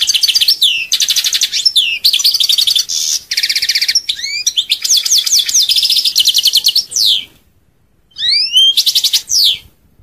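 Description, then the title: European goldfinch delivering a long, lively twittering song full of buzzy trills and liquid slurred notes, then a short pause and a final burst. "Chant Chardonneret"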